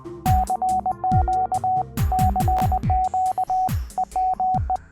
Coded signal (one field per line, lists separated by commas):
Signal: Morse code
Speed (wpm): 20 wpm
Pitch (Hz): 750 Hz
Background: music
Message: CQ CQ EME